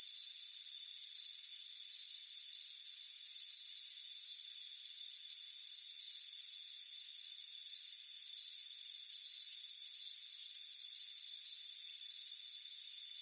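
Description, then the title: Cricket chirping, bright pulses repeated over and over, over a constant high-pitched ringing background. Chirping crickets on a warm afternoon, heard from a front porch. "Soothing Crickets Chirping Sound"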